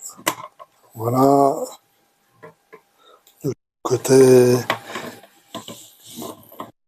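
A plastic dashboard and interior part for a Ford Mustang Shelby GT 500 scale model car (Altaya issues 61 to 63) is handled and pressed toward the cabin tub while someone talks, with a few faint plastic taps and rustles between the words. The clip ends before the part goes home; nothing has seated or clicked yet.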